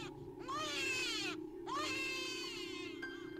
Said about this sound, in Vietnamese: Đứa bé đỏ hòn, người bê bết máu, cất tiếng khóc ngặt nghẽo một cách yếu ớt.